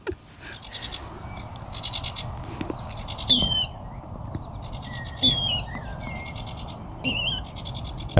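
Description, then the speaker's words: Water Rail squealing calls: three harsh, high, wavering, pig-like squeals roughly every two seconds. Loud, harsh call likened to a pig's squeal, part of a broad call repertoire; one speaker likened it to a swimming mink. "Nej, det låter som en vattenrall."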